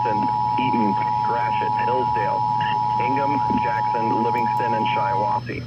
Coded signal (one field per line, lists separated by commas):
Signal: Emergency Alert System (SAME) tones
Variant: 853 and 960 Hz attention tone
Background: speech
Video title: EAS Tests and one FFW from 8/24/22